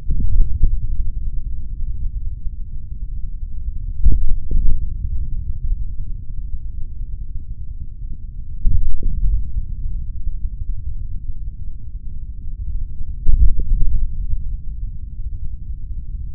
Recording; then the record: forearm muscle sounds (acoustic myography)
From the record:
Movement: tripod grip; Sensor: system 3, bracelet of six PUI Audio POM-2738L microphones around the upper forearm, with dedicated amplification and filtering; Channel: 1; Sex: male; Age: 26 years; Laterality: right